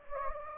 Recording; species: mosquito wingbeat signal from an infrared sensor; Anopheles gambiae